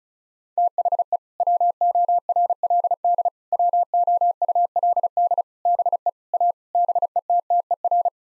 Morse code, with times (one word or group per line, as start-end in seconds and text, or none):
0.6-1.2 THE
1.4-3.3 WORLD
3.5-5.4 WOULD
5.7-6.1 BE
6.3-6.5 A
6.8-8.1 BETTER